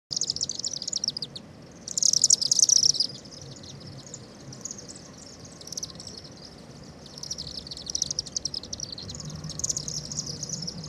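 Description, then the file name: Swift screams, shrill buzzy high trills in bursts, loudest around two seconds, then scattered waves of screaming over a low background rumble. "Martinet"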